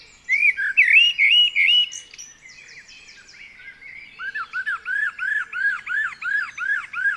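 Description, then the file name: Common blackbird: a few fluty whistled notes, then a run of short arched notes repeated rapidly. "Turdus merula"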